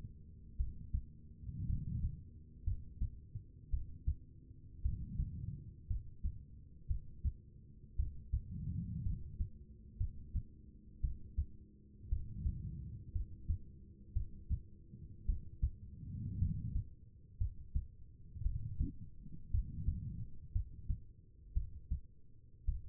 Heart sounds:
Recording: heart sounds by stethoscope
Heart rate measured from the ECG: 57 bpm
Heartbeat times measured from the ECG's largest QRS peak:
0.57 s: heartbeat
1.66 s: heartbeat
2.64 s: heartbeat
3.70 s: heartbeat
4.82 s: heartbeat
5.87 s: heartbeat
6.87 s: heartbeat
7.96 s: heartbeat
9.03 s: heartbeat
9.97 s: heartbeat
11.01 s: heartbeat
12.09 s: heartbeat
13.12 s: heartbeat
14.13 s: heartbeat
15.26 s: heartbeat
16.39 s: heartbeat
17.38 s: heartbeat
18.42 s: heartbeat
19.51 s: heartbeat
20.52 s: heartbeat
21.53 s: heartbeat
22.65 s: heartbeat
From the record:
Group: healthy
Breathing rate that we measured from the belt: 17 breaths a minute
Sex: female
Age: 36 years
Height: 163 cm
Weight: 88 kg

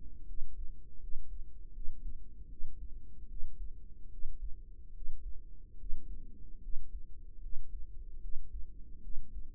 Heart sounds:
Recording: heart sounds by microphone in the right ear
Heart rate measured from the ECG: 75 bpm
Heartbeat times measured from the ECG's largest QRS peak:
0.23 s: heartbeat
0.98 s: heartbeat
1.71 s: heartbeat
2.46 s: heartbeat
3.26 s: heartbeat
4.08 s: heartbeat
4.91 s: heartbeat
5.75 s: heartbeat
6.59 s: heartbeat
7.39 s: heartbeat
8.18 s: heartbeat
8.99 s: heartbeat
From the record:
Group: healthy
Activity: rest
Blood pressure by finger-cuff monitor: 108/55 mmHg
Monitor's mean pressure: 68 mmHg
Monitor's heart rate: 75 bpm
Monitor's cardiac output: 6 L/min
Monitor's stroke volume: 81 mL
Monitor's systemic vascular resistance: 820 dyn s/cm5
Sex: female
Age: 32 years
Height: 168 cm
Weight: 61.9 kg

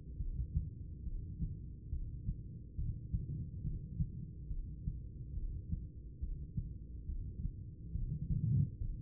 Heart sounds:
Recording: heart sounds by stethoscope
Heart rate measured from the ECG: 70 bpm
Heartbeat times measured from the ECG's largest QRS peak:
0.16 s: heartbeat
1.02 s: heartbeat
1.88 s: heartbeat
2.74 s: heartbeat
3.60 s: heartbeat
4.46 s: heartbeat
5.32 s: heartbeat
6.18 s: heartbeat
7.04 s: heartbeat
7.90 s: heartbeat
8.77 s: heartbeat
From the record:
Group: heart failure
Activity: rest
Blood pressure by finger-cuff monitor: 133/73 mmHg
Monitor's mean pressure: 97 mmHg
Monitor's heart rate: 70 bpm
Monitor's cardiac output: 8.3 L/min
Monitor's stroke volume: 119 mL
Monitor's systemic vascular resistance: 870 dyn s/cm5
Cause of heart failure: idiopathic cardiomyopathy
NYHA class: 2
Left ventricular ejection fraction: 51%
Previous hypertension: present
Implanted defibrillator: present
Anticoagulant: apixaban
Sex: female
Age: 61 years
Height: 163 cm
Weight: 111 kg

